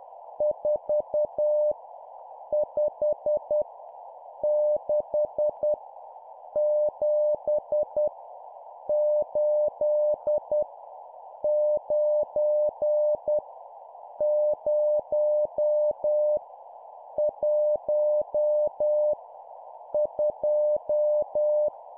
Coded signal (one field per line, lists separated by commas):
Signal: Morse code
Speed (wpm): 10 wpm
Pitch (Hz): 600 Hz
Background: none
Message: 4 5 6 7 8 9 0 1 2